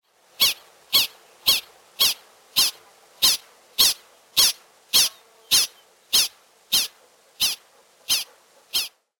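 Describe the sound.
Prairie dog giving sharp, high squeaky chirps, repeated steadily about every half second, fifteen in a row, with near silence between them.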